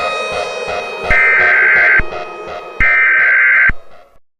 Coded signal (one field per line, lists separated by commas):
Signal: Emergency Alert System (SAME) tones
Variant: header bursts